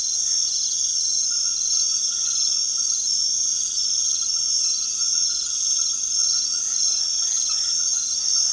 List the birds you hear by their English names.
none